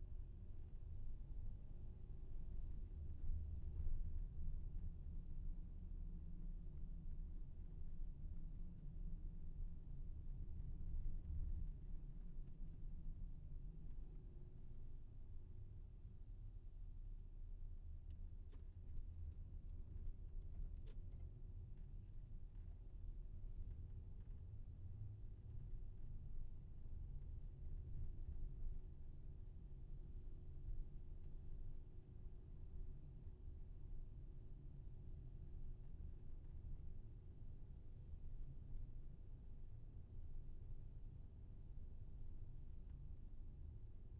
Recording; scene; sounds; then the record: everyday scene through a hearing-aid microphone; in a vehicle; engine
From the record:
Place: VW T5 Caravelle, diesel engine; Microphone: behind the ear, left, rear